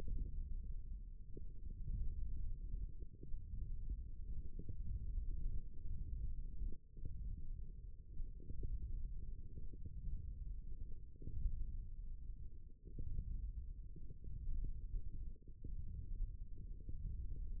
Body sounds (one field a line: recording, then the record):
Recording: forearm muscle sounds (acoustic myography)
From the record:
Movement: hand opening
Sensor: system 1, eight BSWA MPA416 microphones around the upper forearm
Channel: 4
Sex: male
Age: 18 years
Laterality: right